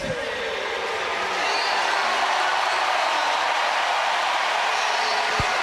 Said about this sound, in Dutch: Enorm lawaai en applaus. Ik weet niet of je dat meekrijgt. Voor de man die geboren is in El Paso.